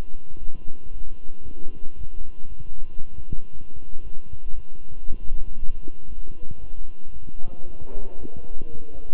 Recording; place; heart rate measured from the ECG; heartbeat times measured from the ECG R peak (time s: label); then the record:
heart sounds by stethoscope; between the tricuspid and mitral areas; 115 bpm
0.39 s: heartbeat
0.92 s: heartbeat
1.44 s: heartbeat
1.97 s: heartbeat
2.48 s: heartbeat
3.00 s: heartbeat
3.52 s: heartbeat
4.03 s: heartbeat
4.54 s: heartbeat
5.06 s: heartbeat
5.58 s: heartbeat
6.09 s: heartbeat
6.60 s: heartbeat
7.12 s: heartbeat
7.66 s: heartbeat
8.19 s: heartbeat
8.72 s: heartbeat
From the record:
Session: walking at 3.7 km/h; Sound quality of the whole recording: good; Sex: male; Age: 23 years